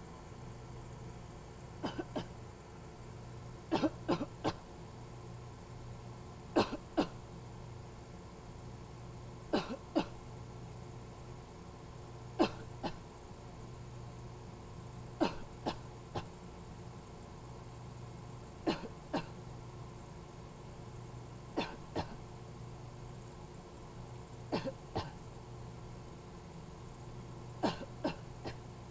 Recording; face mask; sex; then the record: voluntary coughing; surgical mask; female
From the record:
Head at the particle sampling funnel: turned sideways, cheek in front of it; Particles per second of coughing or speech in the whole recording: 5.58